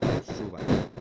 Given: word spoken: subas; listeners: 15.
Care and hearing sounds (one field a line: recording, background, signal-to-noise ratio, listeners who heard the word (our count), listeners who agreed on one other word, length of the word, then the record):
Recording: one Spanish word in noise, from a listening test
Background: noise modulated by one talker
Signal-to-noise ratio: -12.1 dB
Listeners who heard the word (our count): 0 of 15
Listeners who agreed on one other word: 9 of 15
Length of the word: 0.61 s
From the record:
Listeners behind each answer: 9, 5, 1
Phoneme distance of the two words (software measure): 10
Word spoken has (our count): 2 syllables, 5 phonemes, stress on syllable 1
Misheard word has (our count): 2 syllables, 5 phonemes, stress on syllable 1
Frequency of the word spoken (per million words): 0.66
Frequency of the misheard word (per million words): 1.71